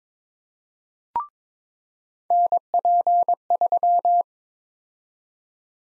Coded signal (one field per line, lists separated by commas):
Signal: Morse code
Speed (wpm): 22 wpm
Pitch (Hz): 700 Hz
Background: none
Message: NP3